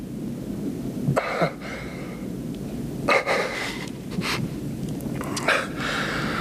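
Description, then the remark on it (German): A dog that came out of a shop door on an empty square barks in a handful of short, sharp bursts spaced irregularly over a steady low rumble, with no voices. “Es war nur ein Hund. Er kam aus der Ladentür.”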